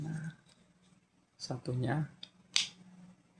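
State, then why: Seated. Someone talks while pressing the second locking clip on the battery compartment of a rechargeable toy train. A sharp snap is heard at 2.6 s, and the clip is confirmed locked shut.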